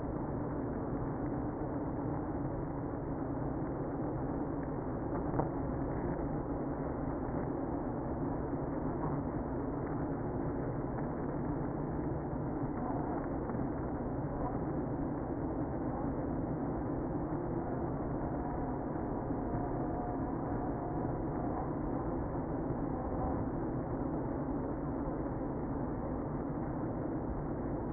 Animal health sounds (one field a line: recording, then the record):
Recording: honeybee colony, microphone inside the hive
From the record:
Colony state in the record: queenless (queen removed)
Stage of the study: after two queens were removed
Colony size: about 60,000 bees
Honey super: yes